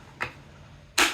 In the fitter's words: there you go and then the two clips are released on the top